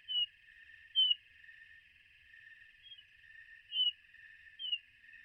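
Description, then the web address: Hermit Thrush calling with five sharp, thin downward-slurred notes at uneven intervals, set against a continuous high-pitched drone. A flock of Hermit Thrushes, a common western species of North America. "Songs of Birds of North America Know Your Bird Sounds Common Western Species 32 e-Hermit Thrush Flock"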